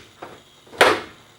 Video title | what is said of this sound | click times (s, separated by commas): Install & Review of Audexen Hood Latches | snaps and locks in place. There's no way that hood is moving. | 0.8 s